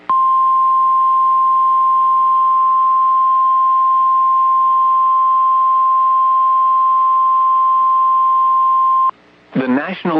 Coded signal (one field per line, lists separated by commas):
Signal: Emergency Alert System (SAME) tones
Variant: 1050 Hz attention tone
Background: speech